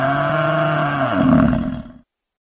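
Domestic water buffalo bellow, one harmonic low moaning call about two seconds long that swells and rises in pitch before cutting off.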